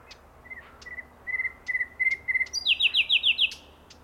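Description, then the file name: Common nightingale song: a run of short, clear whistled notes building in loudness, ending in a rapid, buzzy, repeated trill at higher pitch. "Luscinia megarhynchos"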